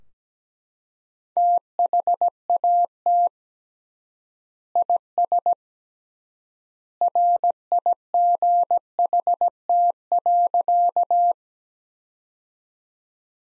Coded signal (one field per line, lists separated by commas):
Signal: Morse code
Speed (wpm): 17 wpm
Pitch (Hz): 700 Hz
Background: none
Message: THAT IS RIGHT.